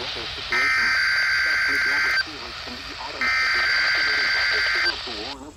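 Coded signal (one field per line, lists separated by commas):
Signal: Emergency Alert System (SAME) tones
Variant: header bursts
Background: speech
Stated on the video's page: Required Weekly Test from weather radio stations, recorded in Indianapolis in front of the NWS office.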